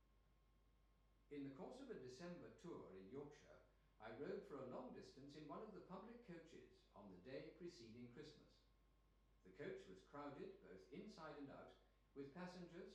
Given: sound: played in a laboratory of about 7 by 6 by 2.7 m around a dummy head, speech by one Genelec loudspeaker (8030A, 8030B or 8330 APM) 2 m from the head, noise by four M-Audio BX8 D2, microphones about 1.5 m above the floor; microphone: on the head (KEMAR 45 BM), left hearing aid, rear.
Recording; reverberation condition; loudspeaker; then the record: male speech in English; medium; 60 degrees to the right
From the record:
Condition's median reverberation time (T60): about 510 ms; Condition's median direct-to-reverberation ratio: about -0.5 dB